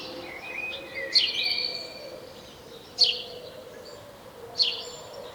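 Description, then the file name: House sparrow calls: three sharp, scratchy chirps spaced about one and a half to two seconds apart. "Passer domesticus"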